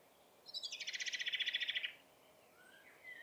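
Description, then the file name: Common blackbird giving a quick chattering rattle of many pulses, followed by brief thin notes. "Turdus merula"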